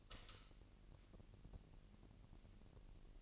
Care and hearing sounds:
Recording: daily activity, microphone in the room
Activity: light on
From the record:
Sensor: 4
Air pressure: 1002.7 hPa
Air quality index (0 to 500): 249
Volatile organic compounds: 16 ppm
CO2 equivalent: 2532 ppm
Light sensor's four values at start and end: 6/14/5/6 and 7/17/6/7

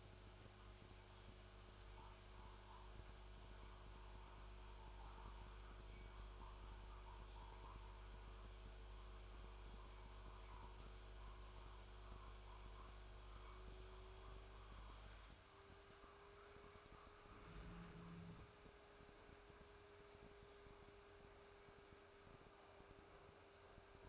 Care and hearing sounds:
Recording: daily activity, microphone in the room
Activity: make coffee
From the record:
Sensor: 2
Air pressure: 1014.6 hPa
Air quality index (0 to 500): 189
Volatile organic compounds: 17 ppm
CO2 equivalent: 2592 ppm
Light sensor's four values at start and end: 4/10/3/4 and 4/10/3/4

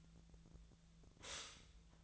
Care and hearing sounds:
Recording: daily activity, microphone in the room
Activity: stop toaster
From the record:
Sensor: 3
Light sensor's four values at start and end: 32/80/34/36 and 32/80/34/36

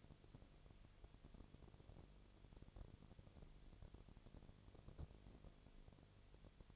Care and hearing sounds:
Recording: daily activity, microphone in the room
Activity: no activity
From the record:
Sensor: 4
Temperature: 22.4 degrees Celsius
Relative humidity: 31.0%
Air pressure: 1004.1 hPa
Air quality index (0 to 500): 85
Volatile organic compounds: 1 ppm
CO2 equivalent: 772 ppm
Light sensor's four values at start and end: 2/3/1/1 and 2/3/1/1

